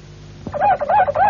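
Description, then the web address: Harz Roller canary song: a low rolling phrase of undulating looped notes. "~joaopt canarios cantoharz"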